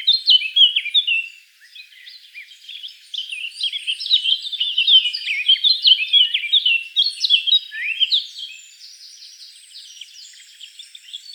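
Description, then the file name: Eurasian blackcap song: a rapid, varied warble of high chirps and twittering notes, with a brief lull near two seconds before the chatter resumes and runs on. "Sylvia atricapilla"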